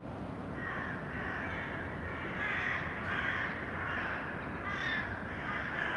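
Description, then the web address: Crow caws, a series of rasping calls rising and falling in strength above a constant hiss. Urban crows; sound processed by detuning. "sonniss-gdc-audio detunized-urban-crows"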